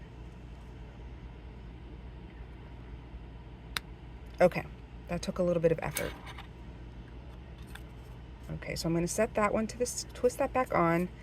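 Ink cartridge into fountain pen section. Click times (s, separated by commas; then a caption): 3.8 s. A plastic ink cartridge is pushed into a fountain pen grip section and clicks home at 3.8 seconds with a sharp, bright snap, showing it took some effort to seat. Afterward, someone talks and there are a few soft handling sounds as the pen is twisted back together.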